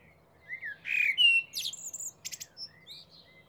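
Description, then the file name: Eurasian blackbird song: a few rich, gliding whistles followed by thin, scratchy high twittering notes. "Turdus merula"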